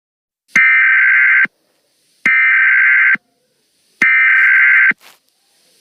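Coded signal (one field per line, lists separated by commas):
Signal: Emergency Alert System (SAME) tones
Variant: header bursts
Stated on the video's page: Valid EAS tones in a fictional EAS scenario.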